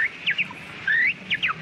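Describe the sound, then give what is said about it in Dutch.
A person whistles an imitation of a quail call: quick, high chirping notes, then a longer rising whistle, then two more sharp chirps, bright and clear with no talking. “Een kwartel. Een kwartel.”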